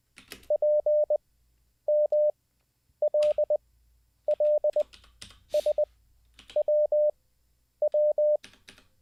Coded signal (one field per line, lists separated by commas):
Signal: Morse code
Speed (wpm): 20 wpm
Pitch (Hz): 600 Hz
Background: none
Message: PMLLSWW